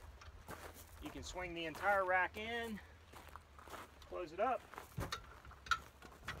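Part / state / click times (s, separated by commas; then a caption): hitch bike rack swing arm latch / seated / 5.7 s. Someone talks as a Rockymounts Backstage hitch-mount bike rack is swung back in toward the vehicle on its swing arm. The metal latch clips shut with a sharp click at 5.7 s, and the rack is seated in place.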